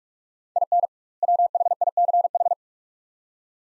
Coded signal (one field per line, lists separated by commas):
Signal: Morse code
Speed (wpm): 43 wpm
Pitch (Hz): 700 Hz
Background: none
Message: IN WHICH